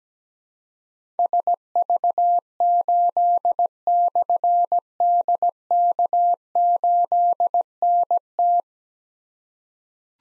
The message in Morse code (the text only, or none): SV8/DK8NT